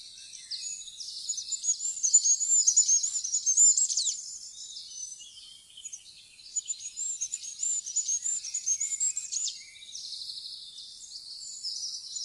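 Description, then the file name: Goldcrest with repeated high, tinkling song phrases. "fuglekonge"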